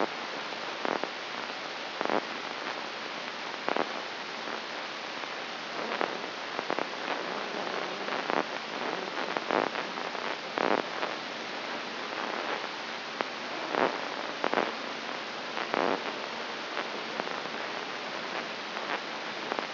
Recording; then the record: brain microelectrode recording played as sound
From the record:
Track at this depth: inside the subthalamic nucleus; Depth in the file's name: 3.343 mm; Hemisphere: right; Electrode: 3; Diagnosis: Parkinson's disease